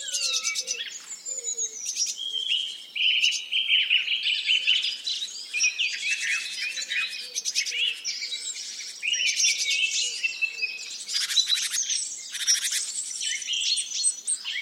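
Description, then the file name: Dense birdsong chorus, continuous high warbling, chirping and trilling from several birds, with a few low soft notes beneath. "zvuki peniia ptits"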